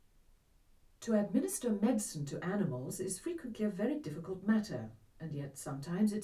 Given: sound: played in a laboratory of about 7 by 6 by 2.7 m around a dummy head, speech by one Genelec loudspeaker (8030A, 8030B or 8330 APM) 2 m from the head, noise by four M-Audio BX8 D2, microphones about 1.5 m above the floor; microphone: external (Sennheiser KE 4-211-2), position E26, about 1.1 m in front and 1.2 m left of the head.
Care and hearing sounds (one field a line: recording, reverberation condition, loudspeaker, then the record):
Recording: female speech in English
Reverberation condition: low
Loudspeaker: 120 degrees to the right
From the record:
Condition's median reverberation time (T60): about 310 ms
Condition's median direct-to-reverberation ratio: about 3.5 dB